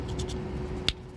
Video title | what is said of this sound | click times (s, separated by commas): Replace DRIVER SIDE heater control, temperature flap position motor. B108D71 (VW, Audi, SEAT, Skoda) | so you hear the click | 0.9 s